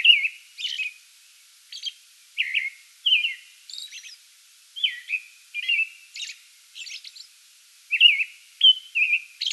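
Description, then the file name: American robin caroling, slightly irregular in timing, alternating low liquid whistled notes with thin high twittering syllables. Song bout, 8 May 2022. "2022-05-08 American Robin song bout"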